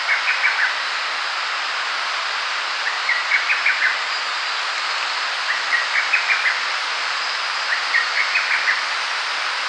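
Lesser cuckoo singing four short, rapid phrases of clipped notes, a few seconds apart, against constant insect buzzing.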